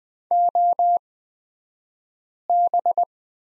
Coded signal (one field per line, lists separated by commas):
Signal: Morse code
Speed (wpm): 20 wpm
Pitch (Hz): 700 Hz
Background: none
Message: OB